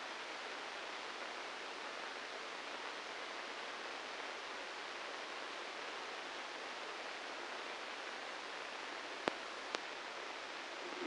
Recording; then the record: brain microelectrode recording played as sound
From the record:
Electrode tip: inside the subthalamic nucleus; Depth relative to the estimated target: 3 mm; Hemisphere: right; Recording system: NeuroSet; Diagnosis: Parkinson's disease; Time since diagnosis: 9 years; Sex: male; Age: 56 years